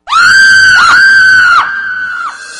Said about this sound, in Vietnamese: Cậu thực tình không nhịn được, gần cổ gào toáng lên. Người đối diện bị tiếng gào của cậu làm giật nảy mình, nhất thời đứng đờ ra đấy.